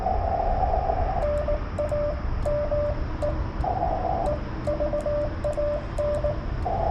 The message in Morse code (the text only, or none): NAME EVAN